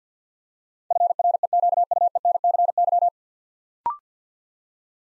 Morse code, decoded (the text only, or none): FREQUENCY